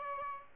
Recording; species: mosquito wingbeat signal from an infrared sensor; Aedes albopictus